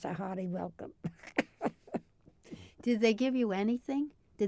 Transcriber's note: laughs